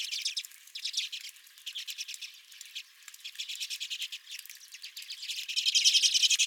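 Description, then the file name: Redpolls twittering in short runs of fast high notes, building into a louder sustained trill near the end. Several redpolls at the recordist's own bird feeder. "Redpolls at My Feeder"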